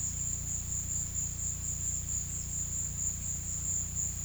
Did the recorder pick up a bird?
no